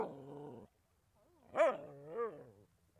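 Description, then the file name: Small dog giving a drawn-out whiny growl, then two short high yelping barks with a rising-falling tone. "Dog Small Barking"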